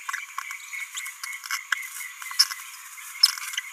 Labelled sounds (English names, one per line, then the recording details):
Green-rumped Parrotlet babbling
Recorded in a nest box in Venezuela
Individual 18B17A4